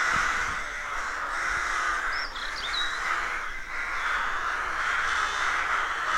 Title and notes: Sound Escape 113: Enjoy the stirring cacophony of a rook colony. deeply rural County Armagh. It's early spring and the rooks rule the woodlands. BBC Countryfile Magazine